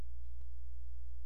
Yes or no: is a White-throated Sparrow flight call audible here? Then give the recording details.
no. No flight call is heard. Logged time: 00:13 on 16 September 2014